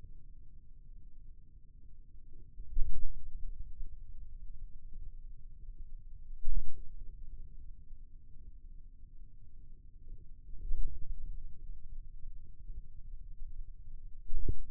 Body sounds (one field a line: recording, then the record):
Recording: forearm muscle sounds (acoustic myography)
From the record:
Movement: ulnar deviation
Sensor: system 2, bracelet of six BSWA MPA416 microphones around the upper forearm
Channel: 2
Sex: male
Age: 22 years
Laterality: right